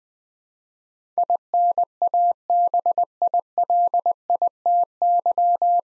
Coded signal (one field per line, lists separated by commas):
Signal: Morse code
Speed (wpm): 20 wpm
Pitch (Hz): 700 Hz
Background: none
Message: INABILITY